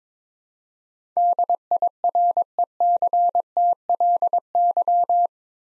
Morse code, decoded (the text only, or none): DIRECTLY